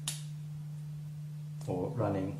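A Cat 7 network plug is fitted into a Nexans LANmark7A GG45 socket and seats with a sharp, bright click at 0.1 s. A steady low hum runs underneath throughout. Near the end, someone talks.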